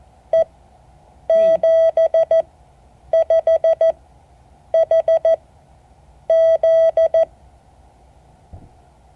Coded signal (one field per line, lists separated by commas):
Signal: Morse code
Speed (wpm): 14 wpm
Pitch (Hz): 650 Hz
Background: none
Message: E 75HZ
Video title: Morse code class 2024-08-04 (7 of 12)